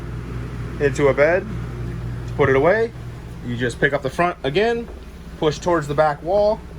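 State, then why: Not seated. In a 2020 Keystone Coleman Light 2515RL RV, someone talks while the front of the fold-down sofa bed frame is lifted and pushed toward the back wall to return it to seat position. A steady low hum runs underneath the speech. The clip ends before the frame goes home, and nothing has seated or clicked yet.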